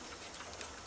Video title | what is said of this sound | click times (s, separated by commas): 2015 How To Fix Small AC Refrigerant Leaks On Your Car | it dragged out pour a little oil on all ring and then snap in place huh | 0.6 s